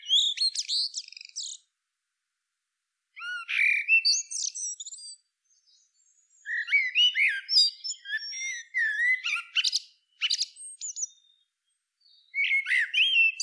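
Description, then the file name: Common blackbird song, a sequence of warbling phrases mixing low fluty whistles with squeaky, scratchy high notes, broken by short pauses. "Turdus merula"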